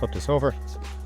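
A WRX front bucket seat piece with a plastic upholstery clip is flipped over and pushed toward the seat frame during a seat replacement in a Forester SH. Someone talks over background music and a steady low hum. Nothing has seated or clicked yet.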